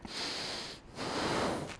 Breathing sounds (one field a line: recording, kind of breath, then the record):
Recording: one breath in and out by a microphone near the nose and mouth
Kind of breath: deep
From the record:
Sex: male